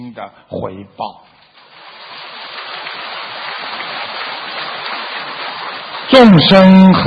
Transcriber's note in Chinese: 掌声